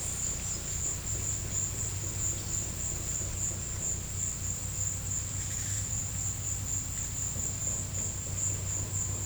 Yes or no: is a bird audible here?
no